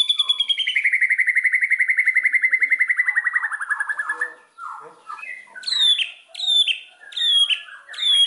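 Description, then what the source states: White-rumped shama singing a long, rapid descending trill, then a short pause and a series of repeated phrases with sharp high notes. Song used as a lure (pancingan) for other birds, said to provoke an immediate response; described as singing constantly (gacor).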